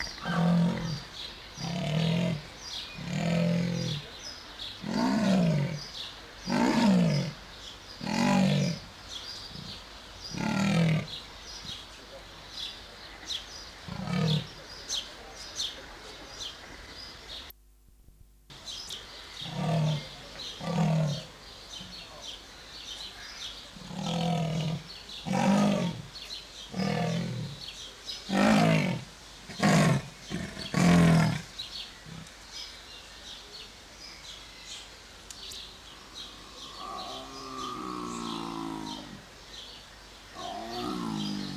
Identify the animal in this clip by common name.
Leopard